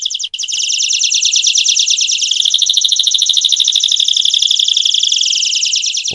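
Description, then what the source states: Canary song: a continuous, loud, rolling trill of rapid high notes. A single canary, played on radio.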